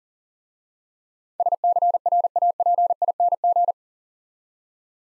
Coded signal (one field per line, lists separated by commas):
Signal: Morse code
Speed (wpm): 41 wpm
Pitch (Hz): 700 Hz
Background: none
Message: SCRAPING